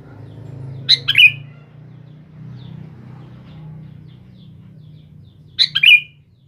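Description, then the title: Sooty-headed bulbul giving two short bubbly phrases about five seconds apart, each of quick chirps and a slurred whistle, against a steady low hum. "Kutilang"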